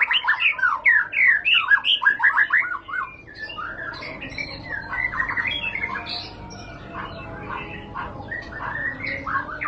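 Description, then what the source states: White-rumped shama song, a loud burst of quick varied chirps and whistles for about three seconds, then softer scattered notes and faint chatter. Lure song for training caged birds, used as a master song for other birds to learn.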